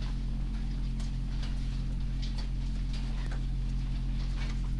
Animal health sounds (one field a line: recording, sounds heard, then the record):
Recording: poultry house recording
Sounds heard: sick chickens (respiratory disease)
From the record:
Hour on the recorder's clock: 21